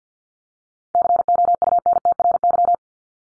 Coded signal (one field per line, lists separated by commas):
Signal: Morse code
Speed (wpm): 50 wpm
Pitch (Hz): 700 Hz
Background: none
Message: COUNTRY